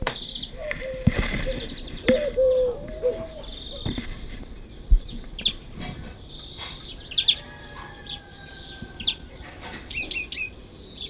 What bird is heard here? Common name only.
Eurasian Collared Dove